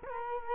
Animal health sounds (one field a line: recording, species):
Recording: mosquito wingbeat signal from an infrared sensor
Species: Culex quinquefasciatus